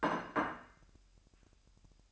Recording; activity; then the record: daily activity, microphone in the room; place plate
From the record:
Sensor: 2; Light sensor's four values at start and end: 8/28/11/10 and 8/28/11/10